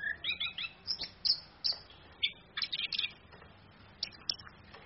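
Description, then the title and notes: Orange-headed thrush song given as scattered, high, sharp chirps and short twittered notes in quick irregular succession over a steady low hum. Female bird; song used as a training (masteran) recording for other birds, played through a mobile phone screen. "ANIS KEMBANG BETINA CAS DENGAN LAYAR HP. Masteran Anis Kembang"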